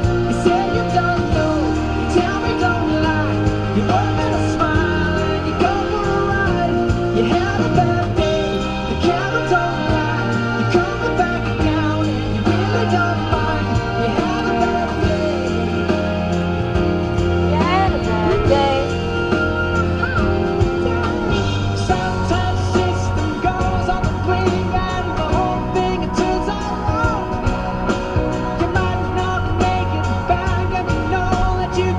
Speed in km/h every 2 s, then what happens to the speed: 56, 55, 55, 55, 52, 45, 37, 26, 24, 31, 40, 50, 55, 60, 61, 61.
0-8 steady at about 55. 8-14 brakes to 26. 17-26 speeds up to 60. 26-32 steady at about 61.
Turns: 12-17.